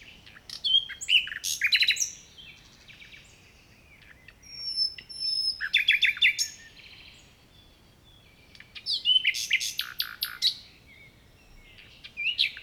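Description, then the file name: Common nightingale song, separate bursts of varied chirps, trills and thin high whistles with quiet gaps between phrases. "Luscinia megarhynchos"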